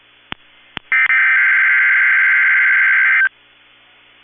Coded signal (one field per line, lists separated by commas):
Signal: Emergency Alert System (SAME) tones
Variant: header bursts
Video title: 9/15/21 - KEC65 Required Weekly Test (EAS #248)